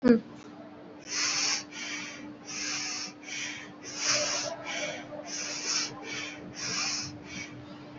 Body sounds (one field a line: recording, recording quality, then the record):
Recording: shallow breathing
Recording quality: excellent, no background noise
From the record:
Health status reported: recovered from COVID-19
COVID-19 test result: positive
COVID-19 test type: RT-PCR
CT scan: not taken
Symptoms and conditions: another condition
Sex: female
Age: 19 years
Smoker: no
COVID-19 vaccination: one dose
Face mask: worn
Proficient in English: yes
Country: India